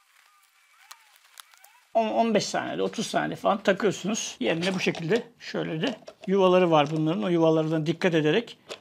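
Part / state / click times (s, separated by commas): cleaning pad onto window cleaning robot / not seated / none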